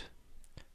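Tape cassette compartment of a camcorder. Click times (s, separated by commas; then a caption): 0.4 s, 0.6 s. A camcorder's plastic tape cassette holder is squeezed closed by hand until it latches so it can retract automatically. Two short, sharp clicks are heard at 0.4 and 0.6 seconds, and the compartment is seated shut.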